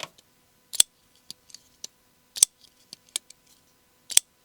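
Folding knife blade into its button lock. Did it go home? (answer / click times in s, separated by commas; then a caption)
yes / 0.8 s, 2.4 s, 4.2 s. A button-lock folding pocket knife is flicked open several times, each time the blade breaking free of its detent and the button lock snapping into the open position with a crisp, sharp snap at 0.8, 2.4 and 4.2 seconds. Quieter small ticks and clicks are heard between the snaps, and each time the blade locks open.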